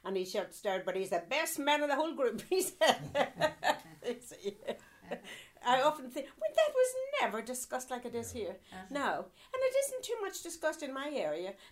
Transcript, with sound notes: And he shouts down, but he's the best man of the whole group!, he said. (laughing) I often think, but that was never discussed like it is here. No. And it isn't too much discussed in my area.